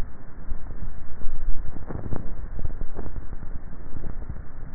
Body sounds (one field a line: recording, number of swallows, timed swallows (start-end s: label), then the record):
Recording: swallowing sounds by neck microphone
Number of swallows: 1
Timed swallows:
1.95-2.38 s: swallow
From the record:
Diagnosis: dysphagia